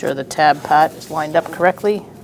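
The electrical wiring harness connector is being handled, with its tab lined up, for pushing onto a new camshaft position sensor on a 2004-2012 Chevrolet Colorado 3.7L L5. Someone talks throughout the clip, with no sharp hit heard. Nothing has seated or clicked yet.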